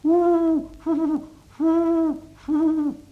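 owl hooting

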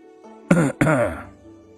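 a cough

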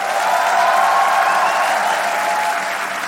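audience applause

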